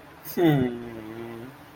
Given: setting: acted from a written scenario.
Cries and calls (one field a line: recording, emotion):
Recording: vocal sound without words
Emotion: sympathy